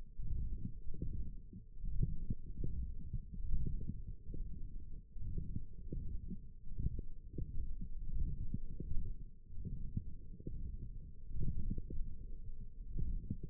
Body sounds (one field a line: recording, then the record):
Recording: forearm muscle sounds (acoustic myography)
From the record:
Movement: forearm pronation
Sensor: system 1, eight BSWA MPA416 microphones around the upper forearm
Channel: 4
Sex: male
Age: 21 years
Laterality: right